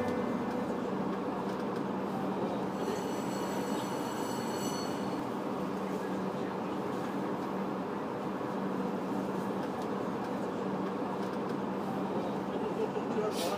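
Inside a Beijing subway train running on Line 2, a loud, steady rumble of wheels and motor fills the whole recording without letting up. Around the third to fifth second a thin, high whine rises briefly above the roar. Faint voices may murmur underneath.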